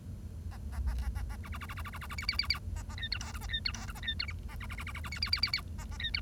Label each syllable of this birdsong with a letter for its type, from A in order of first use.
A A A A A A B B B B B B B B B C C C C A A D E F G A D E F G A D E H A B B B B B B C C C C C A A D E